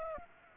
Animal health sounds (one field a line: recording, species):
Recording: mosquito wingbeat signal from an infrared sensor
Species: Aedes aegypti